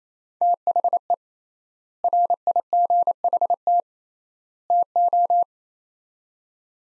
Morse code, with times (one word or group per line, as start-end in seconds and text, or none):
0.4-1.1 THE
2.0-3.8 RIGHT
4.7-5.4 TO